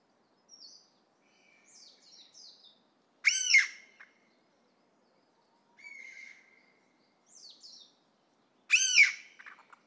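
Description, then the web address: Chinese bamboo partridge calls: two loud harsh stacked notes, between softer chirps and thin high whistles. "izumino saunndo kozyukei"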